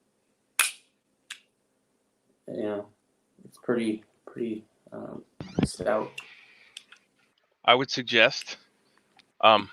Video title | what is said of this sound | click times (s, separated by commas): Morning muster! Quarantine day 30 | You can hear it click when you put in your first round. | 0.6 s